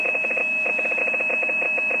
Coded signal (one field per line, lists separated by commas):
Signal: PSK31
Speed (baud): 31.25 baud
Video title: psk31